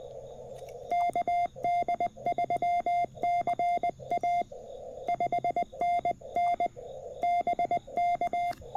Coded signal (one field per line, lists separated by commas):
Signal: Morse code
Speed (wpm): 20 wpm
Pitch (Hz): 2100 Hz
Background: none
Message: KD3CA 5NN BK